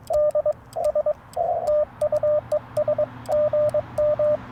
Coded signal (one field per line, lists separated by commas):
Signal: Morse code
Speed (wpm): 22 wpm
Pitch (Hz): 590 Hz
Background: radio noise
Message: DS TU ES GM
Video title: Morning Morse Code at Tuskegee National Forest K-4451 - 12/27/23